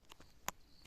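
An interior door handle is refitted into the door of a Peugeot 207: its bottom is clipped in first, then it is levered up to lock at the top. A faint tick at 0.1 s precedes one sharp, loud click at 0.5 s as the handle clips into place, followed by a softer tick near 0.9 s. The handle is seated.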